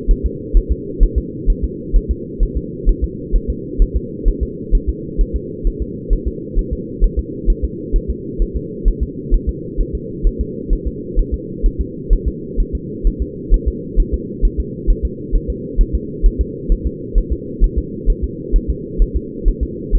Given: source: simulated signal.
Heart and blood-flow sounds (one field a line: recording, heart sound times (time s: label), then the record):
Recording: fetal heart sounds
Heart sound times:
0.11 s: S1
0.26 s: S2
0.57 s: S1
0.72 s: S2
1.03 s: S1
1.18 s: S2
1.50 s: S1
1.64 s: S2
1.96 s: S1
2.11 s: S2
2.43 s: S1
2.57 s: S2
2.89 s: S1
3.04 s: S2
3.36 s: S1
3.50 s: S2
3.82 s: S1
3.97 s: S2
4.28 s: S1
4.43 s: S2
4.75 s: S1
4.89 s: S2
5.21 s: S1
5.36 s: S2
5.67 s: S1
5.82 s: S2
6.13 s: S1
6.28 s: S2
6.59 s: S1
6.73 s: S2
7.04 s: S1
7.19 s: S2
7.50 s: S1
7.65 s: S2
7.96 s: S1
8.10 s: S2
8.42 s: S1
8.56 s: S2
8.88 s: S1
9.03 s: S2
9.34 s: S1
9.49 s: S2
9.81 s: S1
9.95 s: S2
10.27 s: S1
10.41 s: S2
10.73 s: S1
10.87 s: S2
11.19 s: S1
11.34 s: S2
11.66 s: S1
11.81 s: S2
12.13 s: S1
12.28 s: S2
12.60 s: S1
12.75 s: S2
13.07 s: S1
13.22 s: S2
13.54 s: S1
13.68 s: S2
14.00 s: S1
14.14 s: S2
14.45 s: S1
14.60 s: S2
14.90 s: S1
15.05 s: S2
15.36 s: S1
15.50 s: S2
15.81 s: S1
15.95 s: S2
16.26 s: S1
16.41 s: S2
16.72 s: S1
16.87 s: S2
17.18 s: S1
17.32 s: S2
17.64 s: S1
17.78 s: S2
18.10 s: S1
18.24 s: S2
18.56 s: S1
18.70 s: S2
19.02 s: S1
19.16 s: S2
19.48 s: S1
19.63 s: S2
19.95 s: S1
From the record:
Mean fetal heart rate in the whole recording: 130 bpm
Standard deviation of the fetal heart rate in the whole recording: 2 bpm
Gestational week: 38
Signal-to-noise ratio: -4.1 dB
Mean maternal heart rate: no maternal heart sound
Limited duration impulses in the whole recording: absent